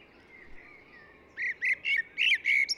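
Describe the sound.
Eurasian blackbird song fragment: a short series of five or six fluty, slightly scratchy notes after a moment of quiet background hiss.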